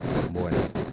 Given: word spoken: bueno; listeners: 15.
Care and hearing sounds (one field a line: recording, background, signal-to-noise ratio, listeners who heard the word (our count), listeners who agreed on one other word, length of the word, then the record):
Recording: one Spanish word in noise, from a listening test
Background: noise modulated by three-talker babble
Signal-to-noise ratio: -4.4 dB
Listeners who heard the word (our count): 3 of 15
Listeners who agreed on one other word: 6 of 15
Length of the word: 0.53 s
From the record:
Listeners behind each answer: 6, 3, 3, 1, 1, 1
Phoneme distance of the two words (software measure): 10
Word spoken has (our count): 2 syllables, 5 phonemes, stress on syllable 1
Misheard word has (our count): 2 syllables, 5 phonemes, stress on syllable 1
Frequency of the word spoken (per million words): 178.65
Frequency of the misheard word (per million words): 221.28